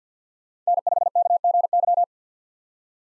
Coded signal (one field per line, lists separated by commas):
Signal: Morse code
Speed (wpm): 50 wpm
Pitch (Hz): 700 Hz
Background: none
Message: N5KGY